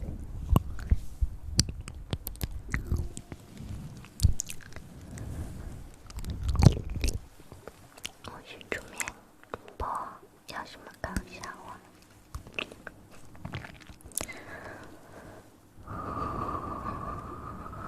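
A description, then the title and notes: Mouth sounds of chewing and biting: irregular wet clicks and crunches, with a brief squeak near 14 seconds and a low hum after 16. ASMR Hand Sounds & Movements, Mouth Sounds.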